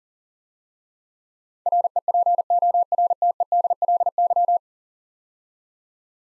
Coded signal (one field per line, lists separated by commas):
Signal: Morse code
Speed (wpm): 44 wpm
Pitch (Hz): 700 Hz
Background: none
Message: REPORTEDLY